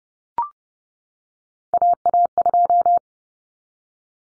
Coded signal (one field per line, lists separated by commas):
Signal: Morse code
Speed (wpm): 30 wpm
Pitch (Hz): 700 Hz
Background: none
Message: AA2